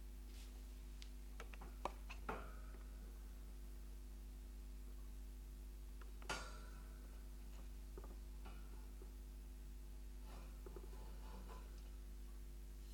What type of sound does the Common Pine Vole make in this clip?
defence call